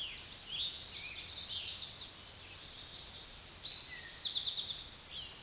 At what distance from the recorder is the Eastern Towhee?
about 30 m